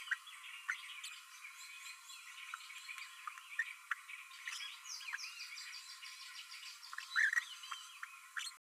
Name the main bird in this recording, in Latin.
Forpus passerinus